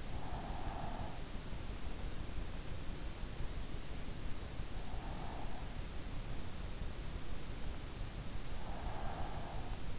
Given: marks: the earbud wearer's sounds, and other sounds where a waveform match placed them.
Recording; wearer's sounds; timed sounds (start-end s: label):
sounds in sleep by an in-ear microphone; breath
0.00-1.62 s: breath
7.27-9.15 s: breath